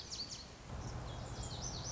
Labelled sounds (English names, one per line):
Lazuli Bunting